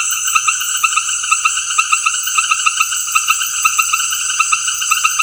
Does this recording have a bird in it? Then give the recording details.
no. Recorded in dense forest near Puerto Asís, Putumayo, Colombia, on 19 February 2024 at 18:30. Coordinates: 0.496, -76.326. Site G6383